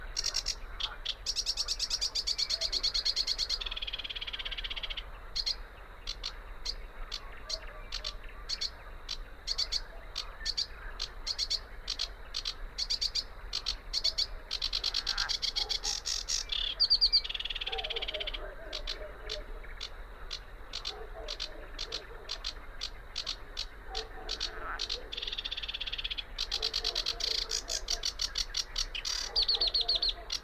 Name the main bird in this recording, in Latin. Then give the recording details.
Acrocephalus schoenobaenus. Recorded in the wild. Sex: male. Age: adult. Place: Teerofenbrücke, Nationalpark Unteres Odertal, Brandenburg, DE. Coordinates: 53.1508, 14.3608. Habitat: wetland. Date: 2013-05-04 23:50. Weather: clear, windless, 5°C. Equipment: Sound Devices 702, Sennheiser MKH 70, Rycote Windschutz. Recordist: Frommolt, Karl-Heinz